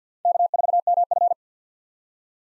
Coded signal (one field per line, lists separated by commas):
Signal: Morse code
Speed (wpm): 50 wpm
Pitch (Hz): 700 Hz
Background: none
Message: K4MF